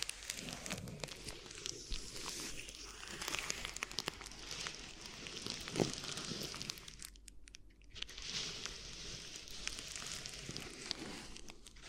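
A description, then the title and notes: Crinkly rubbing and crackling sounds from an ear massage fill the recording with a dense, steady rustle of fine crunchy textures. A few sharper crackles stand out, one near six seconds. The rustling briefly quiets a little after seven seconds before resuming. ASMR Addictive Crinkly Ear Massage (No Talking).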